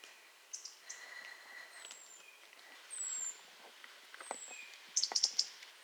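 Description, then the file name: European robin giving thin, high, downslurred whistles about a second apart, ending in a short burst of ticks, with fainter chirps around them. "Erithacus rubecula"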